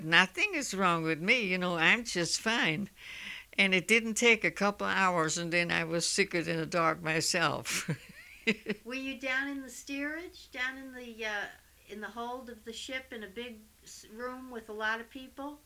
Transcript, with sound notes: Nothing is wrong with me, you know, I'm just fine. And it didn't take a couple hours, and then I was sicker than a dog myself. [Laughs]
Were you down in the steerage, down in the, in the hold of the ship, in a big room with a lot of people?